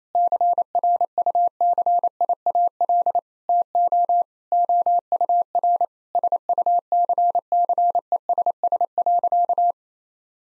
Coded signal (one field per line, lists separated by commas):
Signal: Morse code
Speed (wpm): 28 wpm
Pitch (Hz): 700 Hz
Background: none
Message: CRUCIAL TO OUR SUCCESS.